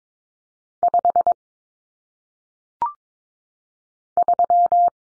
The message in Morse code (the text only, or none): 5 3